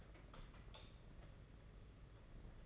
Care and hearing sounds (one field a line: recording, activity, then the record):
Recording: daily activity, microphone in the room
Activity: light on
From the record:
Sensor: 4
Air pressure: 992.7 hPa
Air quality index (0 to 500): 168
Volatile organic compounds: 246 ppm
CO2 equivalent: 4350 ppm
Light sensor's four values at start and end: 4/8/3/3 and 4/8/3/3